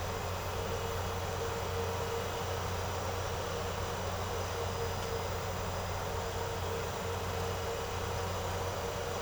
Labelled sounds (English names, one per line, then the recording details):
none
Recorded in secondary vegetation near Puerto Asís, Putumayo, Colombia, on 4 March 2025 at 08:30
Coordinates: 0.468, -76.324
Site G059